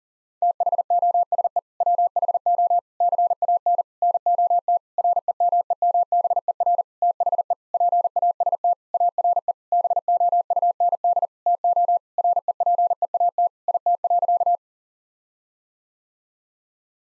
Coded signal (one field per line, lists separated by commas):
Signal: Morse code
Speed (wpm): 40 wpm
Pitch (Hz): 700 Hz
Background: none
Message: THOSE WHO CAN NOT REMEMBER THE PAST ARE BOUND TO REPEAT IT.